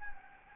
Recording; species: mosquito wingbeat signal from an infrared sensor; Anopheles gambiae